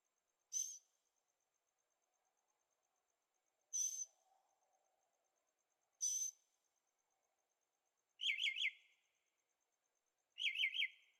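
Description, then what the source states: Bird song arrives as two short, quick trills of slurred notes near the end, after three separate hissy, breathy bursts spaced a few seconds apart. Birds singing at night in Carefree, Arizona; recorded in stereo on a Zoom H6.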